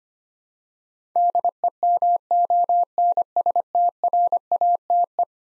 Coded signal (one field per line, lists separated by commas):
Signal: Morse code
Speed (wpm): 25 wpm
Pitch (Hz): 700 Hz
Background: none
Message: DEMONSTRATE